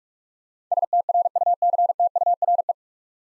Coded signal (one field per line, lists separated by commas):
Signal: Morse code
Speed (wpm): 44 wpm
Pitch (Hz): 700 Hz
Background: none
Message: STRUCTURE